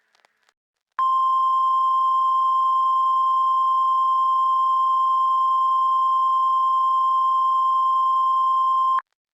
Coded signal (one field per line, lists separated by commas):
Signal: Emergency Alert System (SAME) tones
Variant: 1050 Hz attention tone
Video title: (RECOVERED EAS RECORDINGS) Drowning In Pittsburgh